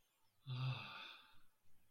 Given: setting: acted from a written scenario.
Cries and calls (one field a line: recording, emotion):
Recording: vocal sound without words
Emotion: ecstasy